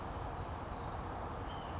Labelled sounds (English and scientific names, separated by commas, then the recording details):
White-breasted Nuthatch (Sitta carolinensis)
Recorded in Sonoma County, California